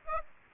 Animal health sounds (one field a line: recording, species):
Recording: mosquito wingbeat signal from an infrared sensor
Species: Aedes aegypti